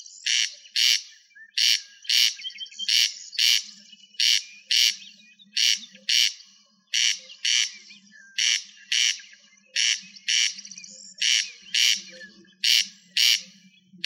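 Rail giving a steady series of many harsh, noisy squawking calls, with a faint low hum beneath.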